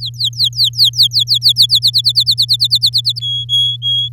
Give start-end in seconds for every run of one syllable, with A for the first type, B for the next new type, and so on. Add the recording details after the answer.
0.00-1.66 A, 1.69-3.19 B, 3.20-4.09 C. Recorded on 10 May 2018 at 15:50. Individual llb16